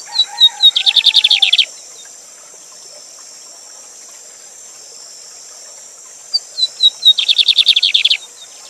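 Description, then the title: Lined seedeater repeating its song twice, high thin notes followed by a rapid buzzing trill, while a lower whistled call sounds early on and a steady high hiss runs throughout. Teacher song for training, bird singing live with a waterfall sound in the recording. "Bigode Gavião Negro Professor De Canto Cantando Ao Vivo Com Cascata"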